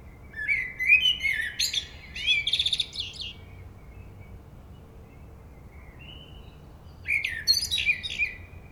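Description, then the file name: Common blackbird singing two warbled phrases with squeaky, scratchy endings, then a pause with a faint soft note, then another fluty phrase with a high twittered close. "Turdus merula"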